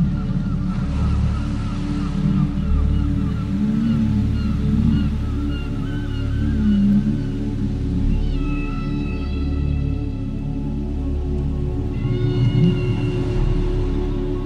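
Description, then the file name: Beluga whale whistles: short rising and falling chirps and squeals in clusters, over a steady low droning hum throughout. "Ballena beluga Whales"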